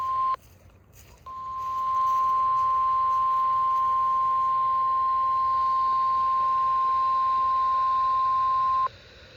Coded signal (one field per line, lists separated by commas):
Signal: Emergency Alert System (SAME) tones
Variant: 1050 Hz attention tone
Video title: KXI42 Christmas Eve Required Weekly Test 12/24/25 EAS #526